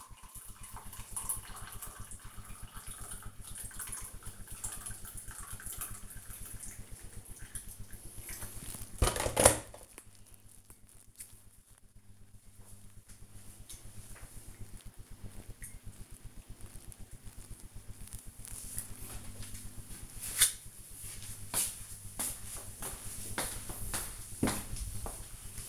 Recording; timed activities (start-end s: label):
household activities, microphone on the right wrist
0.00-18.95 s: making tea